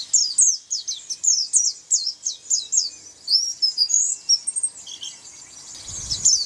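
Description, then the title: White-eye song: high, sweet chirps in quick repeated phrases, running into a busier twittering passage midway that fades toward the end, with a brief low rumble near the end. "Pleci"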